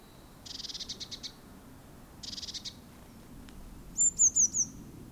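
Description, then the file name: Eurasian blue tit calls: two short bursts of rapid buzzy churring notes, then a high, thin trill of four notes near the end. "Cyanistes caeruleus"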